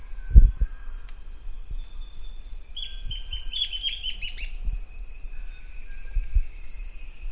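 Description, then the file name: Bird calls: a run of sharp downslurred chirps midway, over a constant high-pitched drone and low background rumble with occasional knocks. "SABIOD 50 bird 2015"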